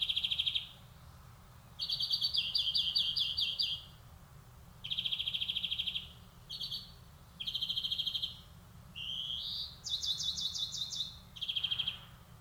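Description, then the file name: European greenfinch song: bursts of rapid high trills and twittering rattles separated by short pauses, with a brief rising wheeze near the end; faint low background hum. "Chloris chloris"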